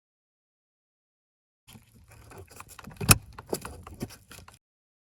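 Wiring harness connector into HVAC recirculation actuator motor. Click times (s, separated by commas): 3.1 s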